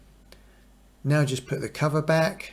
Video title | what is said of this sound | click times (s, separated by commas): How to remove and clean filter on Beko Washing Machine & keep it Hygienically Fresh | moet mooi glad zijn en dan vergrendelt deze | 0.3 s